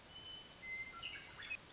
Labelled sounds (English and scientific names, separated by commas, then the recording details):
Western Meadowlark (Sturnella neglecta)
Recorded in Sonoma County, California